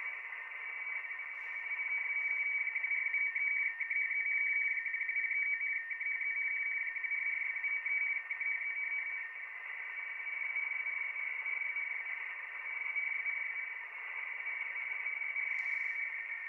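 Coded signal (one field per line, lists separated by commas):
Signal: RTTY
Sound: steady fast warbling between two close high tones, continuous for the whole clip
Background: radio static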